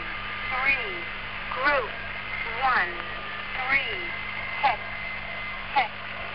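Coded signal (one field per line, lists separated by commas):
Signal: numbers station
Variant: E10, female voice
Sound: six short spoken words, roughly one per second, over a steady hum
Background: radio static, steady tones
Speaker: it originally used live voice announcers before like many other number stations did switching to an automated female voice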